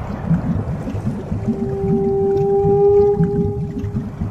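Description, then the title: Whale call: a sustained flat tonal moan with a higher harmonic, lasting nearly three seconds, against steady low underwater rumble. Deep sea. "深海鲸鱼声，舒缓催眠"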